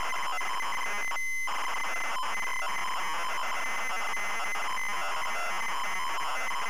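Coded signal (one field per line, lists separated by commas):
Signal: ZX Spectrum tape loading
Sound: harsh buzzing, warbling data screech with a brief steadier tone segment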